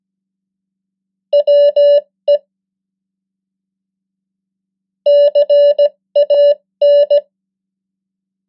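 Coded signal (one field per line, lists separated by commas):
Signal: Morse code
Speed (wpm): 17 wpm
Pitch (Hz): 580 Hz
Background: none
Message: WE CAN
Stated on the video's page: The 100 most common English words in Morse at 15 wpm, as practice.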